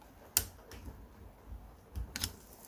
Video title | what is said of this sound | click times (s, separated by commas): STI DCCD Rebuild | and just kind of work its way back into the grooves one by one until the final one pops into place. | 0.4 s